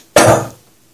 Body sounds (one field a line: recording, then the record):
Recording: coughing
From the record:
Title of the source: Cough Around the Clock!